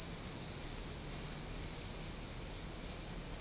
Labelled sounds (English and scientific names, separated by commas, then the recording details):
none
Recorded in pastures near Puerto Asís, Putumayo, Colombia, on 12 March 2025 at 14:30
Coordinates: 0.502, -76.324
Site GP07